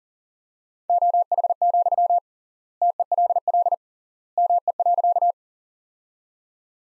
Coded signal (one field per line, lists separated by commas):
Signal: Morse code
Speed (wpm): 40 wpm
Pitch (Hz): 700 Hz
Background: none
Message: OH, TELL ME.